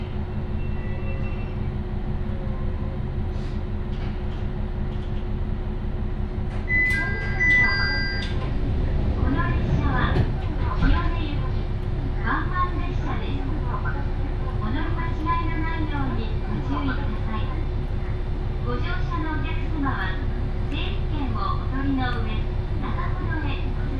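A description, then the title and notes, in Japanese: Inside a train car, a steady low rumble and a constant motor hum run throughout. Around seven seconds, a couple of bright chime-like tones sound, and from about ten seconds a voice announcement continues over the running noise to the end. 井原鉄道 道上→神辺→備中呉妹。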